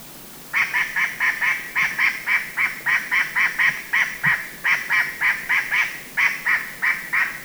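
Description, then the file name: Grey treepie giving a long series of harsh, nasal, chattering notes, about three to four a second, after a short quiet start. Call; subspecies sinica, recorded at Da Yao Shan, Guangxi, on 31 January 2012. "Grey Treepie Ssp Sinica Call 120131 Guangxi Da Yao Shan"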